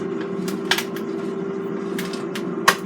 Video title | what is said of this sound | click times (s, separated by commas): Cosori Air Fryer / LEMON PEPPER WINGS - #1848 | lack both sides you hear the snap | 0.7 s, 2.7 s